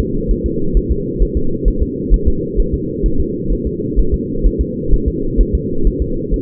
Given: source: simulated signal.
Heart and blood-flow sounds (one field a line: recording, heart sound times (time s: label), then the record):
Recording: fetal heart sounds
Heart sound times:
0.00 s: S2
0.31 s: S1
0.46 s: S2
0.77 s: S1
0.91 s: S2
1.22 s: S1
1.37 s: S2
1.68 s: S1
1.83 s: S2
2.14 s: S1
2.28 s: S2
2.60 s: S1
2.74 s: S2
3.06 s: S1
3.20 s: S2
3.53 s: S1
3.67 s: S2
3.99 s: S1
4.14 s: S2
4.46 s: S1
4.61 s: S2
4.94 s: S1
5.08 s: S2
5.41 s: S1
5.55 s: S2
5.87 s: S1
6.02 s: S2
6.34 s: S1
From the record:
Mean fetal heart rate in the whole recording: 130 bpm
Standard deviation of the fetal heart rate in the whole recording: 2 bpm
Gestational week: 36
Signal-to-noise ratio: -8.1 dB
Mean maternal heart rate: 72 bpm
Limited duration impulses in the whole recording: absent